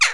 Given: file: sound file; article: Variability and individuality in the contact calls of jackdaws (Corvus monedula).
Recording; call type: jackdaw call; harmonic